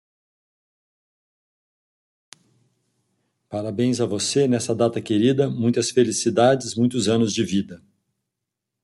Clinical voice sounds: short text; Brazilian Portuguese; male; 50 to 59 years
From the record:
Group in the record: control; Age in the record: 59 years

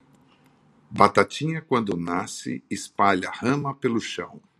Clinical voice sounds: short text; Brazilian Portuguese; male; 50 to 59 years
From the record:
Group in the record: control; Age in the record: 53 years

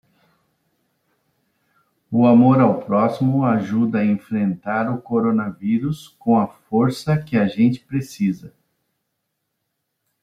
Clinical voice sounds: spoken sentence; Brazilian Portuguese; male; 50 to 59 years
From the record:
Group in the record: control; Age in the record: 54 years

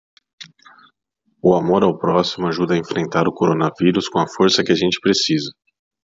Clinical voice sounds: spoken sentence; Brazilian Portuguese; male; 30 to 39 years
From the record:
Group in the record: control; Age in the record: 36 years

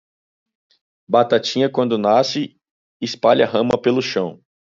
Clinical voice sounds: short text; Brazilian Portuguese; male; 20 to 29 years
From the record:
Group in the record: control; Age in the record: 27 years

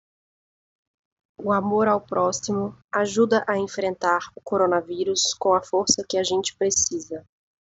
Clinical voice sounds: spoken sentence; Brazilian Portuguese; female; 20 to 29 years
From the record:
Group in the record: control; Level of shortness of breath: 1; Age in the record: 29 years

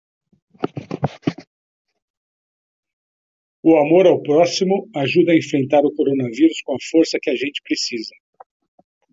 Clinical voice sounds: spoken sentence; Brazilian Portuguese; male; 50 to 59 years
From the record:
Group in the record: control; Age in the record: 50 years

